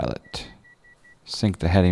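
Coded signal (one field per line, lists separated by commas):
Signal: none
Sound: cockpit control beeps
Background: speech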